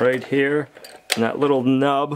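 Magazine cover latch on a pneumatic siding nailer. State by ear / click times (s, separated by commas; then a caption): not seated / none. Someone talks while handling the coil magazine cover latch on a pneumatic siding nail gun, with the cover being closed and its top latch pulled toward the small nub. Nothing has seated or clicked into place yet.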